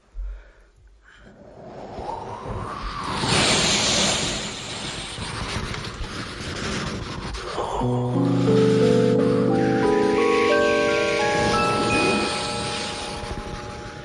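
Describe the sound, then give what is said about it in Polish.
Strong ocean waves, as in the middle of the ocean, surge in heavy, hissing rushes that swell and ebb over several seconds, with no voices, and a steady tonal ringing creeps in during the second half. “Mocne fale morza. Mocne fale oceanu, czyli znajdujemy się na samym środku oceanu.”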